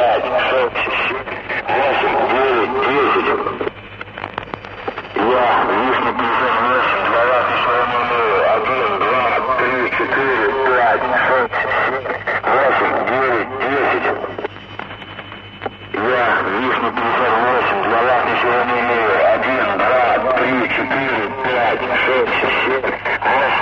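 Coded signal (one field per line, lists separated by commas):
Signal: numbers station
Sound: a voice reading out numbers through noisy shortwave static, with two short breaks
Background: radio static, low hum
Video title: The Conet Project 408 - 1-10 Announcement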